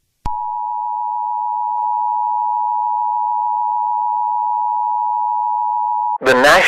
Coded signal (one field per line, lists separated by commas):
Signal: Emergency Alert System (SAME) tones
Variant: 853 and 960 Hz attention tone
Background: speech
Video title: {First Eas Mock} Arkansas Tornado warning